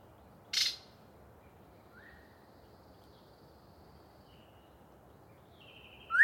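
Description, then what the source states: Yellow-breasted chat song: a harsh burst, faint thin whistles, and a sharp note at the end, over steady background hiss. Pre-dawn, a particularly chatty bird giving a long soliloquy from deciduous cover.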